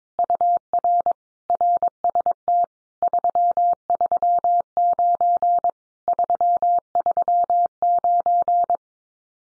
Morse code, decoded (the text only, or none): UR RST 339 339